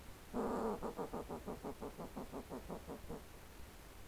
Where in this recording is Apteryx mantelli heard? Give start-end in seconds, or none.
none